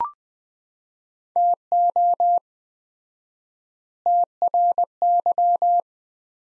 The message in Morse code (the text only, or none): TO TRY